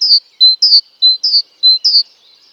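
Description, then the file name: Great tit calls: clear high notes alternating a descending slurred note with a short steady whistle, repeated several times. "Parus major"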